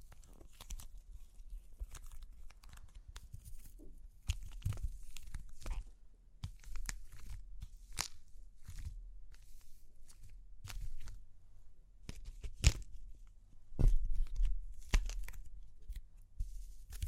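Crunchy clay being cracked and broken apart, with sharp snapping crackles arriving in irregular bursts every second or so. Between the snaps runs a low rumble of handling and crumbling bits. The loudest breaks come near the middle and again toward the end.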